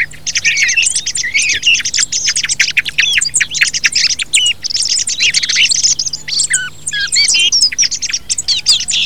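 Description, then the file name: Thrush with continuous high, varied twitters, slurred whistles and quick trills, the phrases packed tightly together, over a faint constant low hum. Filtered. "TORDO"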